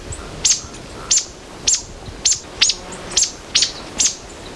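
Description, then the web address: Rufous wren calling with single sharp, very high notes, repeated roughly every half second, eight in all, with faint background hiss. Recorded in Ecuador. "S America Birds of Ecuador. Rufous Wren"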